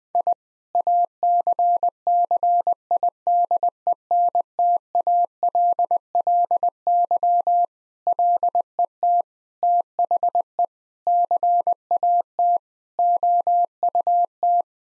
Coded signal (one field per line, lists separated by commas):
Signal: Morse code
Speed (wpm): 20 wpm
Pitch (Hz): 700 Hz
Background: none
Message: I ACCIDENTALLY LET THE CAT OUT